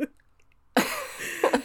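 A loud, harsh voiced cough burst from an adult woman, followed by two shorter coughs; a lingering cough after COVID.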